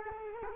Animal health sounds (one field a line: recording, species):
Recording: mosquito wingbeat signal from an infrared sensor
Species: Culex quinquefasciatus